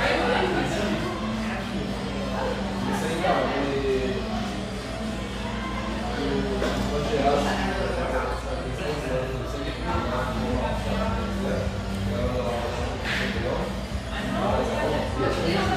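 Lively overlapping chatter fills a spacious tea room in Boise, a steady dense murmur of voices with a low hum underneath throughout.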